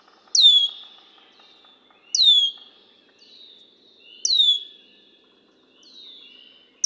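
Red-winged blackbird calling with sharp, high whistles that fall steeply in pitch, repeated roughly every two seconds, each followed by a softer trailing note.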